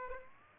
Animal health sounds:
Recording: mosquito wingbeat signal from an infrared sensor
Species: Aedes aegypti

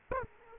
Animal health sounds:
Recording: mosquito wingbeat signal from an infrared sensor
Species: Aedes aegypti

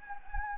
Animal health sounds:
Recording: mosquito wingbeat signal from an infrared sensor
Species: Anopheles gambiae

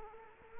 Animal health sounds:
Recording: mosquito wingbeat signal from an infrared sensor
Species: Culex quinquefasciatus

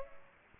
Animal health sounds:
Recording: mosquito wingbeat signal from an infrared sensor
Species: Aedes aegypti

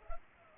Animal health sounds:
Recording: mosquito wingbeat signal from an infrared sensor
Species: Culex pipiens

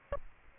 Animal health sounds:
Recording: mosquito wingbeat signal from an infrared sensor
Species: Aedes aegypti

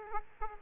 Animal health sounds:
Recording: mosquito wingbeat signal from an infrared sensor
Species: Aedes aegypti

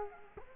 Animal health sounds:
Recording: mosquito wingbeat signal from an infrared sensor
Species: Culex quinquefasciatus

